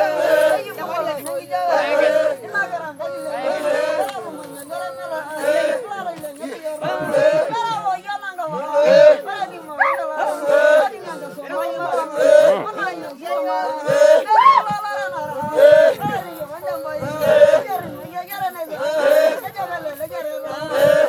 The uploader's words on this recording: Masai Tribe Jumping chant at Masai Mara National Reserve by 𝔞𝔩𝔢𝔵.